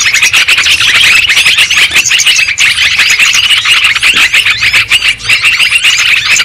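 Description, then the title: Lovebirds chattering in a dense, shrill flock, high squeaky chirps and twitters overlapping without pause throughout. Lure sound for trapping lovebirds. "PIKAT BURUNG LOVEBIRD"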